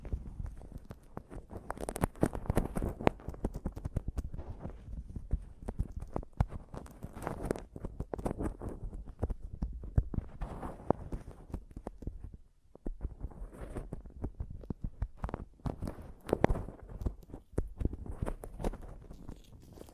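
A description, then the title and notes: Tapping and scratching on a microphone, a dense run of knocks, thumps and rubbing noises that continues for most of the twenty seconds. The hits are irregular and low-heavy, with brief lulls near 12 seconds and a busier stretch around 16 seconds. ASMR Mic Tapping and Scratching (No Talking).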